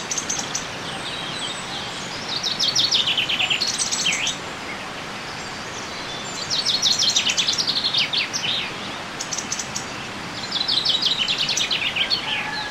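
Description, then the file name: Common chaffinch singing three rattling phrases that tumble downward and end with a quick flourish, repeated about every four seconds over steady background hiss. "Fringilla coelebs"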